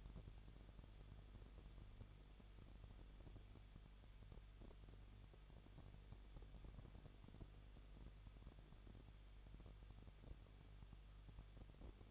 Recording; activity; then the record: daily activity, microphone in the room; no activity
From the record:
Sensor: 4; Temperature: 23.1 degrees Celsius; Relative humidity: 34.0%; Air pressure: 1007.2 hPa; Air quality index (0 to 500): 216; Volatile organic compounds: 15 ppm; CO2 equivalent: 2491 ppm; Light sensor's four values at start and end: 2/3/1/1 and 2/3/1/1